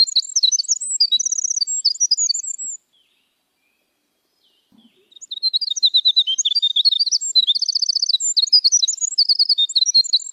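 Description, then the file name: Eurasian skylark delivering high, rapid warbled song with repeated trills, broken by a silent gap of about two seconds before the song resumes. "Canto da cotovia dos campos"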